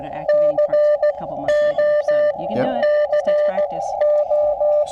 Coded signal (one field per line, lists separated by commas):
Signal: Morse code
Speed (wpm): 16 wpm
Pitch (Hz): 600 Hz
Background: speech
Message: CO CO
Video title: Introducing Boy Scouts to Morse Code and Parks On The Air (POTA)